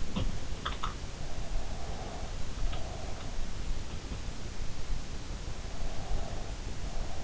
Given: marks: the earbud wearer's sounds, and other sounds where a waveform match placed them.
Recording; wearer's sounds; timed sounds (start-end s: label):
sounds in sleep by an in-ear microphone; teeth grinding, breath
0.20-1.16 s: sound from someone else or the room
0.66-1.16 s: teeth grinding
1.57-3.40 s: breath
6.03-7.24 s: breath